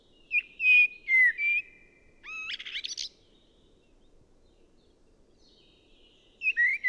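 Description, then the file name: Common blackbird singing: mellow whistled notes, then a rising buzzy rattling flourish, a pause of several seconds, and another whistled phrase starting. "Turdus merula"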